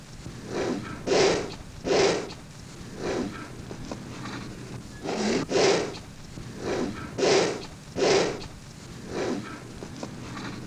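Elephant snorting: a run of around eleven harsh, airy bursts, repeated at roughly one-second intervals.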